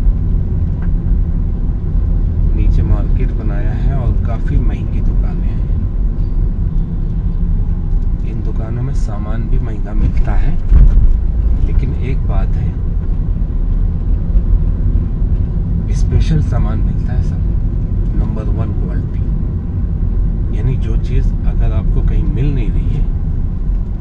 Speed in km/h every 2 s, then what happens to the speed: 21, 24, 22, 19, 13, 18, 21, 24, 23, 24, 20, 13.
3-9 slows to 13. 9-13 speeds up to 24. 13-18 steady at about 24. 18-24 slows to 13.